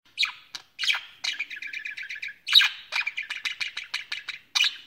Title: Budgie Sounds